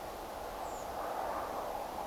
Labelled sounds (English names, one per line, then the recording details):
Redwing
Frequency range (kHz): Redwing 6.5-8.2 kHz
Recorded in France